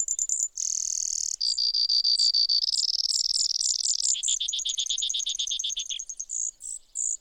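Brewer's sparrow, loud high buzz then a series of fast trills that drop slightly in pitch, closing with a few short high notes.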